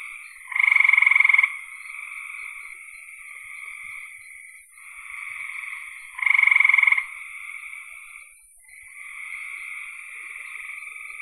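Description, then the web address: Frogs calling: two loud pulsed trills under a second long, about six seconds apart, over an ongoing chorus of softer trilling calls. "cn frogs"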